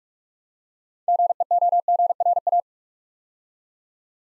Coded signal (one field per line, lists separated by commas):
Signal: Morse code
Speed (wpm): 44 wpm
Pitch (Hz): 700 Hz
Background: none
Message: GEOGRA